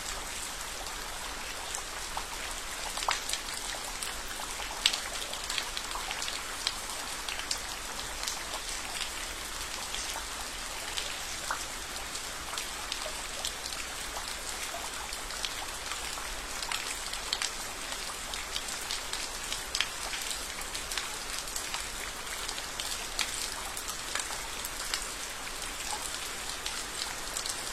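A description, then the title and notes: Water leaking indoors, heard as dense, steady patter of drops striking a hard surface. Sharp individual taps stand out irregularly over a constant bright hiss for the whole half minute, with little low rumble and no other sounds. Rain Leak in the West Wing.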